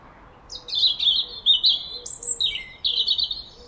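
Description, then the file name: European robin singing a fast, sweet run of high twittering notes that leap up and drop back down, while a soft low note repeats faintly in the background. "Erithacus rubecula"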